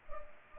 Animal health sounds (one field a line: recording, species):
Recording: mosquito wingbeat signal from an infrared sensor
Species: Culex pipiens